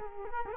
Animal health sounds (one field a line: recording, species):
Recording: mosquito wingbeat signal from an infrared sensor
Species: Culex quinquefasciatus